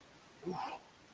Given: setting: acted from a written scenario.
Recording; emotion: vocal sound without words; desire